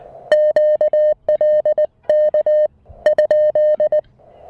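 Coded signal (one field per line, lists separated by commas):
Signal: Morse code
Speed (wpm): 19 wpm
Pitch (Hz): 610 Hz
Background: music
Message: QL K ?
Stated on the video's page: Morse sent in straight key mode on a Mountain Topper MTR-4B with an Emtech ZM-2 manual tuner and 9:1 random wire, during a park activation on 20, 30 and 40 meters.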